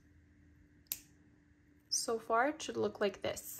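A metal jump ring attaching a lariat to the bottom of a necklace connector is closed with pliers, giving one sharp click at 0.9 s over a faint steady hum. The ring clicks shut and seats, then someone talks.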